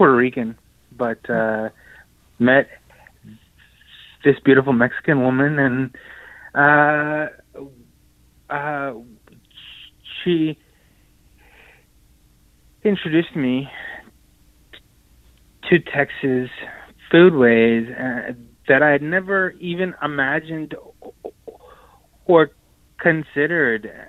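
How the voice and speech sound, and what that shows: A man speaks in short bursts broken by long silent gaps of one to two seconds. Drawn-out vowels and stretched 'uh' sounds come before words. This is stuttering, with blocks and prolongations interrupting otherwise clear speech.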